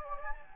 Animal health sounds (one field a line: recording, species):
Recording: mosquito wingbeat signal from an infrared sensor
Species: Anopheles gambiae